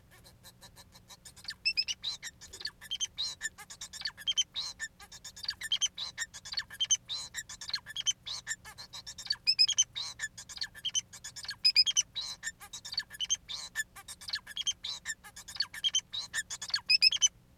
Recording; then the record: song of a male Bengalese finch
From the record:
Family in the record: son of father 4